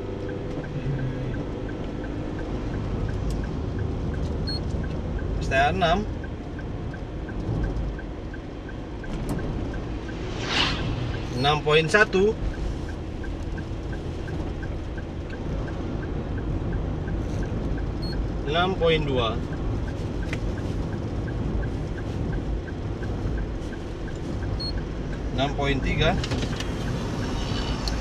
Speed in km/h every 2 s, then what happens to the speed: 44, 48, 49, 50, 51, 52, 54, 54, 54, 55, 55, 54, 54, 54.
0-12 speeds up to 54. 12-28 steady at about 54.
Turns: none.